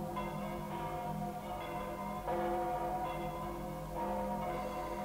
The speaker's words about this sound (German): Und jetzt läuten die Glocken das neue Jahr ein. Psst. Seid still. Horcht.